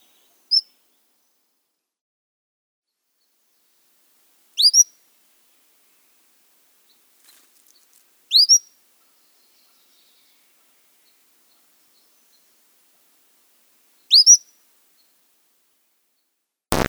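Cordilleran flycatcher calls: a single short high note, then three sharp, high, upslurred two-part notes spaced about four to six seconds apart, and a click at the end.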